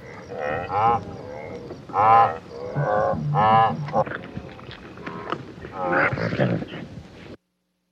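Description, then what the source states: Wildebeest giving nasal, croaking grunts in short bursts over a low background, ending abruptly. Wildebeest at a waterhole.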